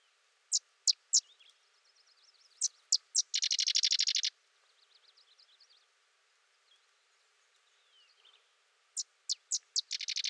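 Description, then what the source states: Sedge wren song: a few sharp, high introductory chips followed by a dry, rapid buzzy chatter, repeated after a pause, with fainter softer phrases between songs. Singing close.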